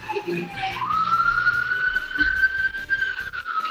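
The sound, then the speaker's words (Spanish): A siren wails steadily, its tone sliding upward early on and then holding a high, sustained pitch, with a murmur of low background noise underneath. “Y con las sirenas de fondo.”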